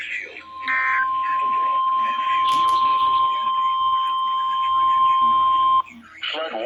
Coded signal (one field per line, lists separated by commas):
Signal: Emergency Alert System (SAME) tones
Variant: 1050 Hz attention tone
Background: speech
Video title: FLASH FLOOD FIASCO III - EAS Alerts from 07/16/2023 (EAS #269-#282)